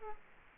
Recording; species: mosquito wingbeat signal from an infrared sensor; Culex quinquefasciatus